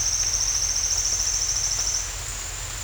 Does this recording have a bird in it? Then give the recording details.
no. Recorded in dense forest near Puerto Asís, Putumayo, Colombia, on 21 December 2024 at 07:30. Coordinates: 0.468, -76.322. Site G071